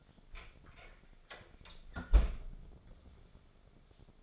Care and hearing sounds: daily activity, microphone in the room; close fridge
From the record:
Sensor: 5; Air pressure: 1004.7 hPa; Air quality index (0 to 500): 162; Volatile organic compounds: 3 ppm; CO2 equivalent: 1528 ppm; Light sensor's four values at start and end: 22/51/20/19 and 19/44/17/16

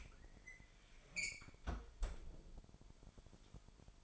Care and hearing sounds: daily activity, microphone in the room; close fridge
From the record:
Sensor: 5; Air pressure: 1002.1 hPa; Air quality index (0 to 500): 224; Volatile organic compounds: 28 ppm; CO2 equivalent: 2916 ppm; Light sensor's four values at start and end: 10/24/10/11 and 9/22/9/10

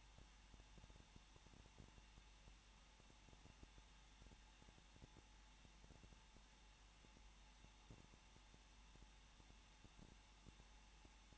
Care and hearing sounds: daily activity, microphone in the room; no activity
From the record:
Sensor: 1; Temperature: 20.1 degrees Celsius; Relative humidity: 39.4%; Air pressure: 1006.4 hPa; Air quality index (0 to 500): 219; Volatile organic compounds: 81 ppm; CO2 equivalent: 3615 ppm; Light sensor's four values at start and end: 1/2/1/1 and 1/2/1/1

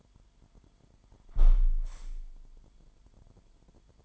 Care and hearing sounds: daily activity, microphone in the room; close window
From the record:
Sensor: 5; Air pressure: 998.7 hPa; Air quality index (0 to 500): 105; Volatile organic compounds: 2 ppm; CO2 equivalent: 1219 ppm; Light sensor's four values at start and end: 54/133/55/63 and 54/133/55/62

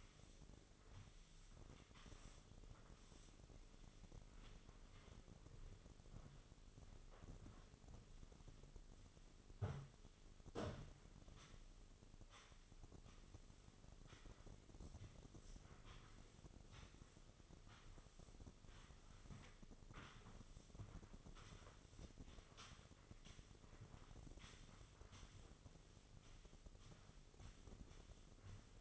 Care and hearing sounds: daily activity, microphone in the room; sweep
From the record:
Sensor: 4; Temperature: 26.8 degrees Celsius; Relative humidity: 28.1%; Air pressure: 996.7 hPa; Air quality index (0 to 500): 87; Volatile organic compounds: 4 ppm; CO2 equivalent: 1684 ppm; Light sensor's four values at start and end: 20/55/21/23 and 19/52/20/21

